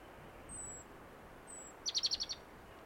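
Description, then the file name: Great tit: two faint, high, falling whistles, then a fast string of around six clipped, ringing ticks. "Parus major"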